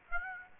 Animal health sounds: mosquito wingbeat signal from an infrared sensor; Aedes aegypti

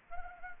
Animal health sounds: mosquito wingbeat signal from an infrared sensor; Anopheles arabiensis

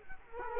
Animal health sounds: mosquito wingbeat signal from an infrared sensor; Culex quinquefasciatus

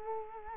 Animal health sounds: mosquito wingbeat signal from an infrared sensor; Culex quinquefasciatus

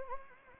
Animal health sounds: mosquito wingbeat signal from an infrared sensor; Anopheles gambiae

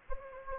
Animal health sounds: mosquito wingbeat signal from an infrared sensor; Anopheles gambiae

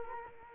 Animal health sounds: mosquito wingbeat signal from an infrared sensor; Culex quinquefasciatus

